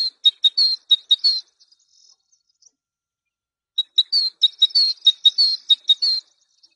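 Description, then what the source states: Great tit song: two bursts of rapid, high, sharp notes separated by a pause of about two seconds. Masteran track, a training recording for songbirds.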